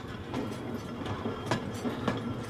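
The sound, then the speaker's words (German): A train bound for Berlin rolls steadily along the rails, a low continuous rumble punctuated by sharp, evenly spaced clicks of the wheels over track joints. “Vielleicht bringen sie die auch hier im Zug nach Berlin zum Verhör.”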